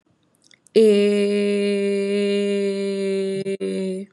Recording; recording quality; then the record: sustained vowel as in made; excellent, no background noise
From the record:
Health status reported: exposed to COVID-19, no respiratory illness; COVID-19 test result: negative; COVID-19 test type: RT-PCR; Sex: female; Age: 25 years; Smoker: no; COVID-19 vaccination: both doses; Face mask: not worn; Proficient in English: yes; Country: India